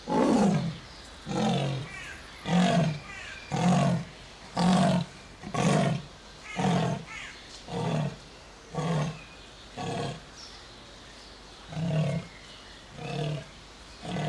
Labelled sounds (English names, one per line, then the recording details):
Leopard call
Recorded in captivity
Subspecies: saxicolor
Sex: male
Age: adult
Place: Zoo Berlin, Berlin, DE
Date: 2004-06-07 14:59
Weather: partly sunny, 25°C
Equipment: Sony WM-D6C, Sennheiser ME 80, Kopie Uher 4000 Report Monitor
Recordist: Tembrock, Günter